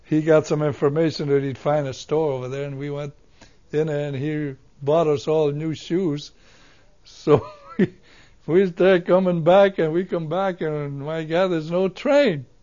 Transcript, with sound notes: He got some information that he'd find a store over there and we went in and he bought us all new shoes. So (he laughs) we're coming back and we come back and my God there's no train.